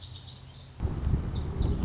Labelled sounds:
Lazuli Bunting
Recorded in Sonoma County, California

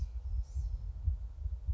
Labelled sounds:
Blue-gray Gnatcatcher
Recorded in Sonoma County, California

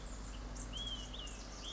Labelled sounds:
Olive-sided Flycatcher
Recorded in Sonoma County, California

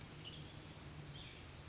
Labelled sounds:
Western Tanager
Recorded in Sonoma County, California

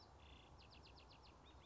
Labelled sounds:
Bewick's Wren
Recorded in Sonoma County, California

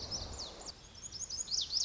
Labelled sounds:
Lazuli Bunting
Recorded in Sonoma County, California

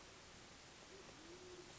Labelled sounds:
Band-tailed Pigeon
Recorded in Sonoma County, California

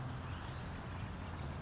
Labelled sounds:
Savannah Sparrow
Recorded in Sonoma County, California

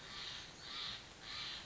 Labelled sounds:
Steller's Jay
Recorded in Sonoma County, California

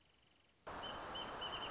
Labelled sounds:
Wrentit
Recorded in Sonoma County, California

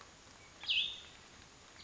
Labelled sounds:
Cassin's Vireo
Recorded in Sonoma County, California

